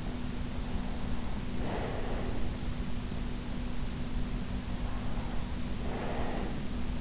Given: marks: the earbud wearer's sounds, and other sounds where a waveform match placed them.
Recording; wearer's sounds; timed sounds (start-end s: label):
sounds in sleep by an in-ear microphone; breath
0.94-2.88 s: breath
5.43-7.01 s: breath